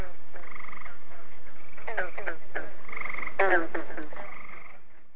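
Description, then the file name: Frogs croaking in short pulsed, buzzy bursts, several calls overlapping and repeated throughout, with a fading end. "ranas grillos"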